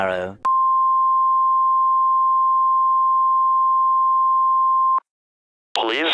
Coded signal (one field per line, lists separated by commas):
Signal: Emergency Alert System (SAME) tones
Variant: 1050 Hz attention tone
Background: speech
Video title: EAS Scenario: Project JJ!